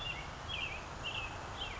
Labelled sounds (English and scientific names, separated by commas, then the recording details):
Western Tanager (Piranga ludoviciana)
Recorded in Sonoma County, California